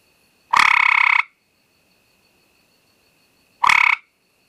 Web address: Frog Hyla Versicolor